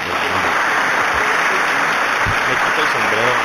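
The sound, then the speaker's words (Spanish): Steady, dense applause from a crowd, a continuous wash of clapping at even loudness throughout, with faint voices mixed underneath. “Una ovación.”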